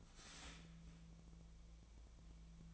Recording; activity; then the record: daily activity, microphone in the room; start toaster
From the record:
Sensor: 1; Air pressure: 1009.2 hPa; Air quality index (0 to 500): 196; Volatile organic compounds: 20 ppm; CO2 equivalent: 2674 ppm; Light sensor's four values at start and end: 27/70/29/34 and 27/70/29/34